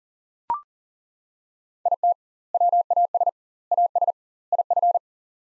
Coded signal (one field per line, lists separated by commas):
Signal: Morse code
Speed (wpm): 40 wpm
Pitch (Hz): 700 Hz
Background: none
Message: IT WAS AS IF